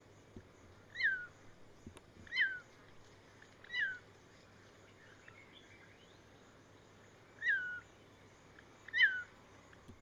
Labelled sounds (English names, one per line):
Stone Partridge